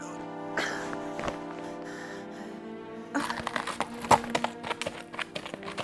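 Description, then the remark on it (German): Horse hooves clip-clop in a quick, uneven series of sharp knocks, growing busier in the second half, over a steady droning tonal background. “Komm auf mein Pferd.”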